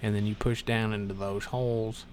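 The brass holder clips of a new lid switch for a Whirlpool, Kenmore or Maytag washer are hooked into the back panel and about to be pushed down into the mounting holes, while someone talks throughout. Nothing has seated or clicked into place yet.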